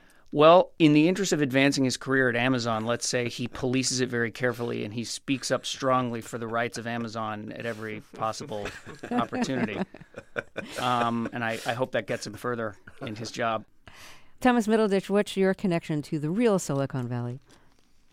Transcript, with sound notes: Well, in the interest of advancing his career at Amazon, let's say, he polices it very carefully and he speaks up strongly for the rights of Amazon at every possible opportunity.
(LAUGHTER)
And I hope that gets him further in his job.
Thomas Middleditch, what's your connection to the real Silicon Valley?